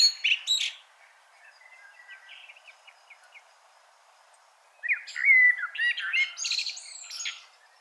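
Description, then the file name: Common blackbird song: a short phrase and a string of faint twittering notes, then a loud mellow warbling phrase with high squeaky additions. "Turdus merula"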